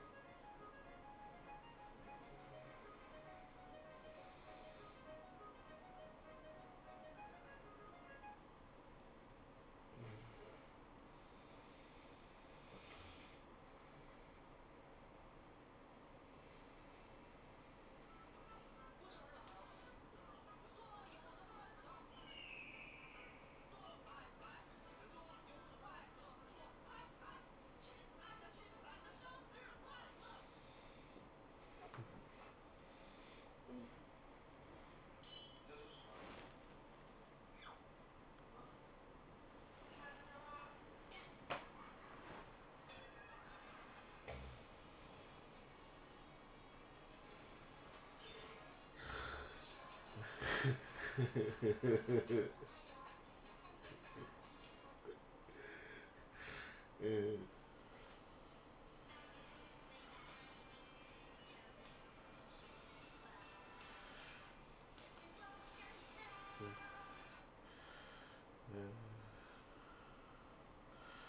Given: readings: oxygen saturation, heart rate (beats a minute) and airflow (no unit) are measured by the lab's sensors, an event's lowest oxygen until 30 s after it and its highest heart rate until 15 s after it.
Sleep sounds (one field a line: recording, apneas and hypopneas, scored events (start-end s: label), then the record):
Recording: a person awake in a sleep study, by a voice recorder at the bedside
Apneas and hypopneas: none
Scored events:
0.00-71.29 s: awake
From the record:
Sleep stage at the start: awake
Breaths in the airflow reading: 26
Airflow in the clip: -0.7 to 0.7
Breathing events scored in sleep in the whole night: 403 in 5.5 hours asleep